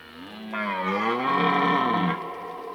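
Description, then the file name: Red deer roaring: one long, rough, throaty bellow that swells and holds before cutting off. Old stag bellowing during the rut. "Burlen 10 oud hert"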